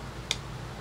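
A heatsink screw in a Samsung RF511 laptop is turned anti-clockwise against its threaded standoff during a thermal paste replacement, giving one sharp, bright click at 0.3 s over a quiet, steady low hum. The click is the thread dropping into place, and the screw thread is confirmed engaged and seated.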